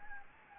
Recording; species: mosquito wingbeat signal from an infrared sensor; Anopheles gambiae